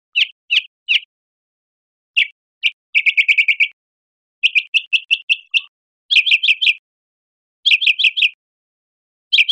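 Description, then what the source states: Northern mockingbird singing varied high phrases, each note type repeated several times before switching to a new sound. Recorded 1 October 2003.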